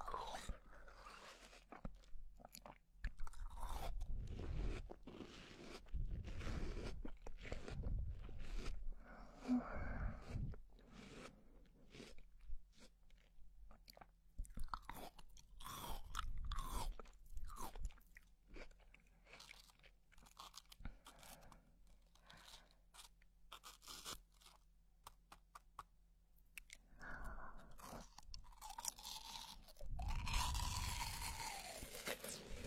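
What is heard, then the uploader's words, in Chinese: Someone bites into a juicy watermelon and chews, with wet, crunchy bites coming in dense bursts. Sharp clicks and squelches cluster around the first ten seconds and again mid-clip, with quieter pauses between. A louder, brighter burst of chewing arrives near the end. 咬一口 水水润润的大西瓜。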